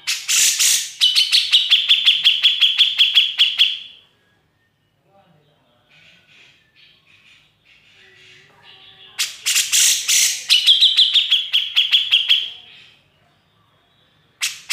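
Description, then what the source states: Grey-cheeked bulbul song in two long bouts, each a harsh rasping start followed by many quick, evenly spaced high notes, with soft twittering between. Masteran training recording, used for tutoring songbirds.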